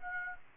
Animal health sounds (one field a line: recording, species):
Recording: mosquito wingbeat signal from an infrared sensor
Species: Aedes aegypti